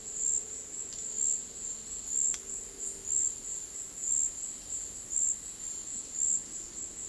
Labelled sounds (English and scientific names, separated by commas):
none